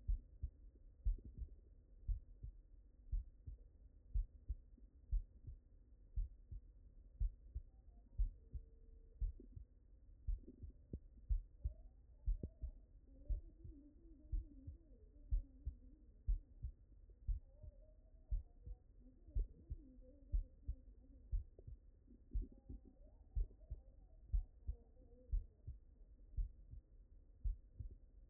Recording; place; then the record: heart sounds by stethoscope; mitral valve (MV)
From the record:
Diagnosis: non-HFrEF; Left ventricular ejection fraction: 64%